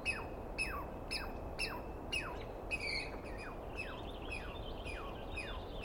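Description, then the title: Douglas squirrel calling with harsh falling notes about twice a second at first, then softer overlapping chatter. Heard at dawn on the morning of 21 April 2017 in the East Cascades, screaming and calling for a good while after startling the recordist awake; identified by sound, not clearly seen. "Interview With The Chipmunk"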